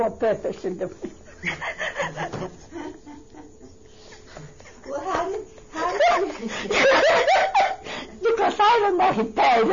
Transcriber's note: they laugh